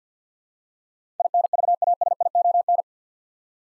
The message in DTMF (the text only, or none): none